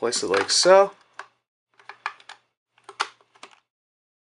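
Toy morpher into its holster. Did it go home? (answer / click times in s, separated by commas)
no / none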